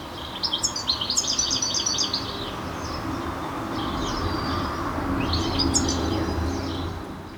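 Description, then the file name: European goldfinch giving a burst of tinkling twitters at the start and another brief phrase later, over a low rumbling background noise. "Carduelis carduelis"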